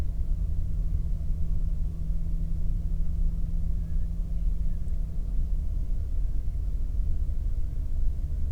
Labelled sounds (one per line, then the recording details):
songbird
man-made sound
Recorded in the Prudhoe Bay oil fields, Alaska, on 22 May 2019 at 00:30
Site 19